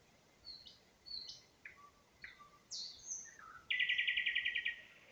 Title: Unnamed Road, Гунча, Вінницька область, Україна, 23724-Spring, nightingale singing